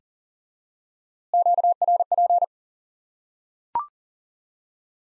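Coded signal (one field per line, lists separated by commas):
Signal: Morse code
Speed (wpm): 40 wpm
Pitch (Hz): 700 Hz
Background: none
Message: QRP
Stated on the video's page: High-speed QRQ Morse lesson drilling one common QSO element repeated, for instant word recognition.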